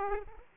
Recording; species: mosquito wingbeat signal from an infrared sensor; Aedes aegypti